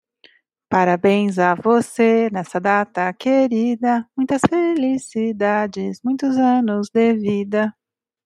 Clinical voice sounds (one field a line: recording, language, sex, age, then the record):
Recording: short text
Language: Brazilian Portuguese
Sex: female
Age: 40 to 49 years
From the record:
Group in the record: control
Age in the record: 44 years